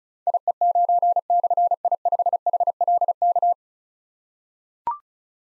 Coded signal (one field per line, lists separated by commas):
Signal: Morse code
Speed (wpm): 36 wpm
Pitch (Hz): 700 Hz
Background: none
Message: IE9/I5HLK